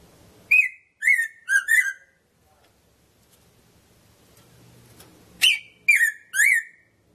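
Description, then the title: Red-throated parrotfinch giving sharp call notes in quick groups of four and then three, with a quiet pause between bursts. "Erythrura Psittacea"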